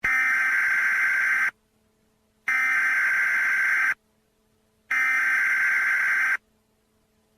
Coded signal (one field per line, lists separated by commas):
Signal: Emergency Alert System (SAME) tones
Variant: header bursts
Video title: Alternate EAS scenario